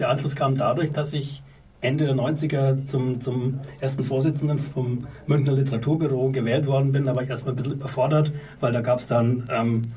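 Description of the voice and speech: An adult man who stutters speaks German with a repeated word and stretched sounds, showing mild stuttering.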